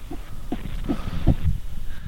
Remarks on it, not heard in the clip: I'm sitting here in the hospital we're waiting on our daughter, and here's her heartbeat. 156. It's the decelerations you have to worry about. When it slows down during contractions and too much.